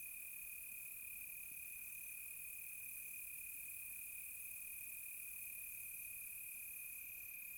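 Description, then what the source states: Crickets hold a constant high-pitched trill throughout, with no other clear sounds. Close crickets on a quiet tropical night.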